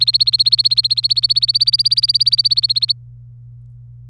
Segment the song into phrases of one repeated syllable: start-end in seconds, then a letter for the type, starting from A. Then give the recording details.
0.00-2.92 A. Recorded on 26 April 2018 at 15:17. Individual llb3